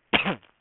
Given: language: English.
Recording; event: throat vibration sensor signal played as sound; cough